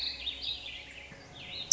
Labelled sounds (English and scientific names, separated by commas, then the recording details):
Warbling Vireo (Vireo gilvus)
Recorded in Sonoma County, California